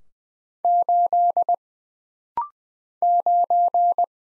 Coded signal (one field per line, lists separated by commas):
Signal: Morse code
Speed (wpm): 20 wpm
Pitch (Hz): 700 Hz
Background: none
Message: 8 9